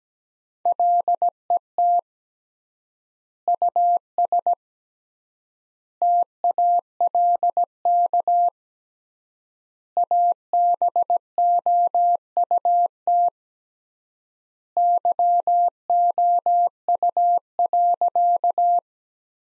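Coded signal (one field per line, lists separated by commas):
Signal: Morse code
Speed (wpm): 17 wpm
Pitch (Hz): 700 Hz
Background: none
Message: LET US TALK ABOUT YOU.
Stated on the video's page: Morse practice of sentences from the top 400 words at 17 wpm with 3x word spacing, a word-based Farnsworth-like method.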